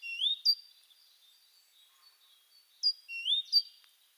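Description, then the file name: Great tit calls: short upslurred whistled notes with thin higher tones, in two brief bursts about three seconds apart, with quiet pauses between. "Parus major"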